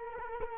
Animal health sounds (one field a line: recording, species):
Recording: mosquito wingbeat signal from an infrared sensor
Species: Culex quinquefasciatus